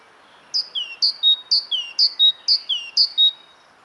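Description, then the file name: Great tit, a rapid series of about a dozen bright high notes, alternating a sharp upper note with a lower downslurred one, evenly paced over nearly three seconds. "Parus major"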